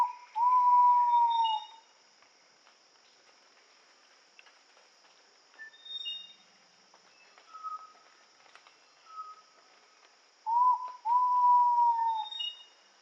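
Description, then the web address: Ivory-breasted pitta calls twice, about ten seconds apart, each a brief clipped note then a long drawn whistle; faint chirps from other birds between. Recorded in Indonesia. "ULM-DS-Lab indonesian-bird-sounds. Pitta maxima"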